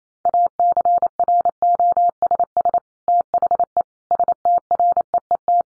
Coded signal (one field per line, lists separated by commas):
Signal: Morse code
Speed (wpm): 28 wpm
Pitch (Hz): 700 Hz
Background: none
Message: ACROSS THE STREET